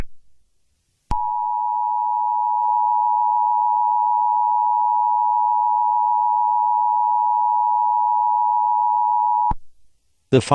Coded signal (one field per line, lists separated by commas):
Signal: Emergency Alert System (SAME) tones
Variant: 853 and 960 Hz attention tone